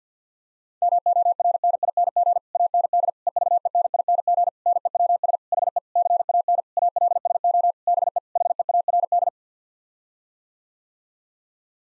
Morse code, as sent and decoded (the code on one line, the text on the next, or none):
-- --- .-. -. .. -. --. / .- -. -.. / . ...- . -. .. -. --. / -. . .-- ... / .... . / -.-. .- -. / .- .-.. ... --- / -... . / .... . .- .-. -..
MORNING AND EVENING NEWS HE CAN ALSO BE HEARD